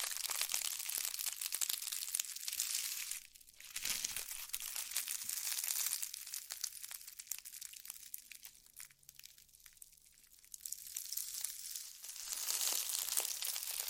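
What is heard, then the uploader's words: Slime being handled makes dense, crackly, crinkling sounds full of tiny bright pops and clicks. The texture runs nearly continuously, with short lulls around 3.5 to 4 seconds and again near 9 seconds, then builds back to its fullest toward the end. ASMR SLIME SATISFYING - NO TALKING.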